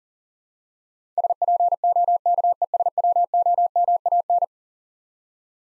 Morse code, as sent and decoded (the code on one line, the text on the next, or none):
... .--. --- -.- . ... .-- --- -- .- -.
SPOKESWOMAN